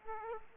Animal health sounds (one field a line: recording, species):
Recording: mosquito wingbeat signal from an infrared sensor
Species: Aedes aegypti